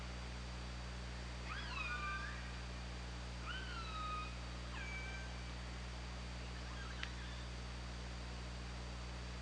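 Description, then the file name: Orca calls underwater: three harmonic, whistle-like calls that slide downward and level off, then a sharp click, with a steady low hum throughout. Hydrophone recording, 24 August 2017, around 22:56. "Orca Lab"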